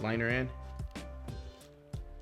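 Someone talks briefly while a plastic snap on a helmet comfort liner is handled against the helmet shell, with a few soft handling knocks under a steady background music bed. Nothing has seated or clicked yet; the liner snap is not yet home in the shell.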